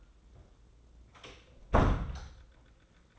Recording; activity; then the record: daily activity, microphone in the room; close door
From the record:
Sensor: 3